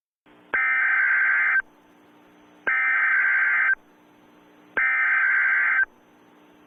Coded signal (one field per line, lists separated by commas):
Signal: Emergency Alert System (SAME) tones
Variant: header bursts